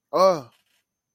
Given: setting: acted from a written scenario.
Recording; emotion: vocal sound without words; elation